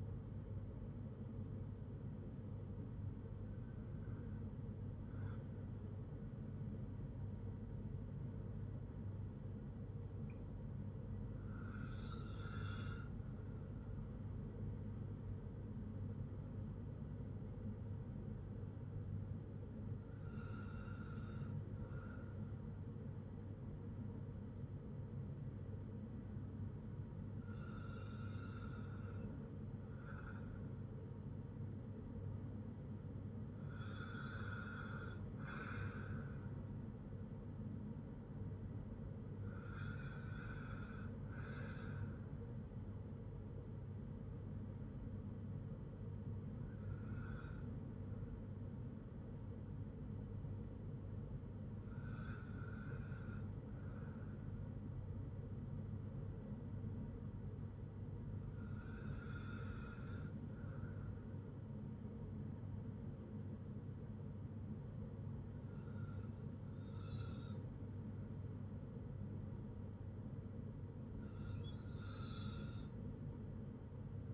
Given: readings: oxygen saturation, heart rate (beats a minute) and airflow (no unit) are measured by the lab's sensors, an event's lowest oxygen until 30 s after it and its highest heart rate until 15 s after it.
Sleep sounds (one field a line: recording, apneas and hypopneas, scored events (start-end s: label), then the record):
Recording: breathing in sleep by a smartphone at the bedside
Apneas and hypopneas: none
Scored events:
28.00-74.34 s: new sleep stage, N2 (light sleep)
From the record:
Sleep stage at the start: N1 (lightest sleep)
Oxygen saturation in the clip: 93 to 96%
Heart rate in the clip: 52 to 58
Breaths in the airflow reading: 13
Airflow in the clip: -6.2 to 4.1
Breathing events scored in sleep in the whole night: 182 in 7.4 hours asleep